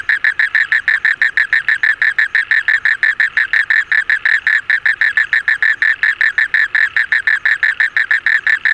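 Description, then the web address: Frog giving a steady run of rapid, pulsed croaking notes, continuing unbroken throughout with no other clear sounds. Recorded 26 February 2022. "frog 20220226"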